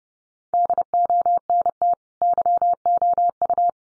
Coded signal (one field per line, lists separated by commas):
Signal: Morse code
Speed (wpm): 29 wpm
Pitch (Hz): 700 Hz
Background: none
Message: DONT YOU